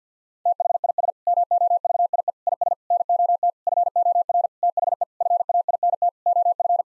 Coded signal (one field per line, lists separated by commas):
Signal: Morse code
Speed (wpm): 50 wpm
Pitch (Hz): 700 Hz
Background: none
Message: THIS MOVIE IS NOT FOR THE FAINT OF